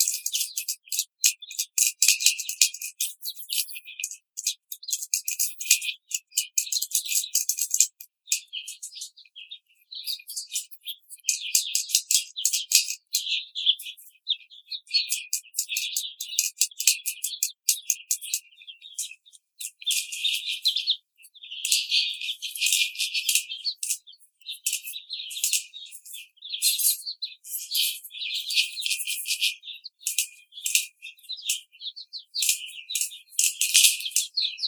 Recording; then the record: young laying hens in a cage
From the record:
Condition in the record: treatment cage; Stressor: simulated dog barking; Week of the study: 5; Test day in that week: 1